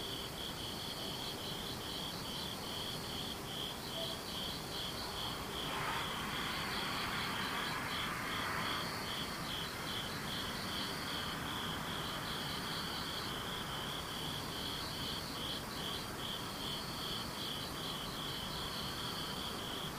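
Insects chirr steadily throughout, a bright, rapid pulsing trill that repeats in short regular bursts with brief gaps. Beneath it sits a constant soft hiss, and a broader rushing swell rises between about six and nine seconds before fading back.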